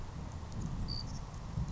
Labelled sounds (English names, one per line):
Savannah Sparrow